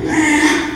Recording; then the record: squeal of a Yucatan mini pig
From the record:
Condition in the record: after surgery on the right vocal fold (resection and tissue-engineered implant); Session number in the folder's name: 3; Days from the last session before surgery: 33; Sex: male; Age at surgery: 12 weeks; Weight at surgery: 13 kg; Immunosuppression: cyclosporine, prednisolone